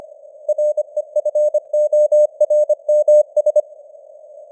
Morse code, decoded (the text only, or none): REFORMS